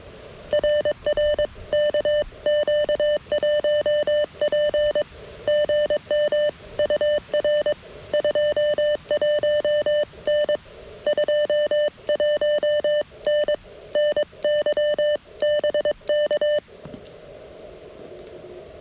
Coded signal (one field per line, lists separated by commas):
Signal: Morse code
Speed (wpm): 22 wpm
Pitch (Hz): 590 Hz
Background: none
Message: RR KQ1P GM UR 21N 21N NY BK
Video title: KX1 Redux: CW POTA at K-5221